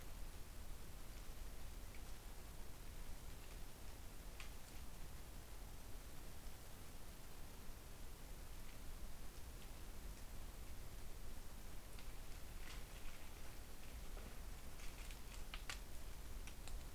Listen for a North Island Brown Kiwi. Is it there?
no